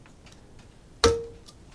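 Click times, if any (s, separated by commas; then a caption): 1.0 s. A valve spring keeper (collet) is locked into the spring retainer on a valve stem on a cylinder head. It seats with one sharp metallic click at 1.0 s, which rings out briefly with a steady tone near 500 Hz. Before it there are only a few faint ticks against low background noise.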